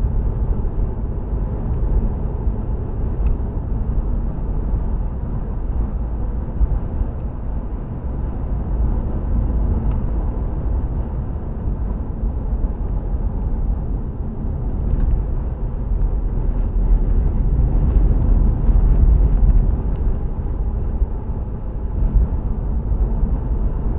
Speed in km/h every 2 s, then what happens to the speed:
63, 63, 76, 69, 68, 61, 56, 53, 56, 58, 61, 60.
0-7 speeds up to 69. 7-12 slows to 56.